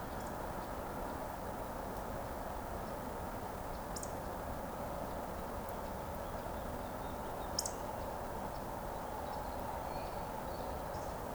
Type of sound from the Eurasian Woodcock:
whistle